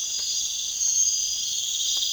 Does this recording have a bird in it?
no